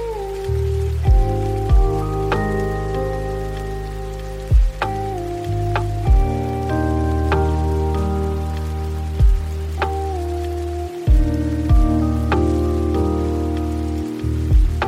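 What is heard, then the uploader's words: Lo-fi hip hop music with warm, sustained low chords and a deep bass line that shifts every few seconds. Soft, sparse drum hits land irregularly, and a steady crackling hiss like rain runs underneath throughout. Lo-fi hiphop music.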